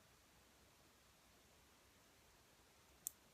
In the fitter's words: And it's clicked back into place.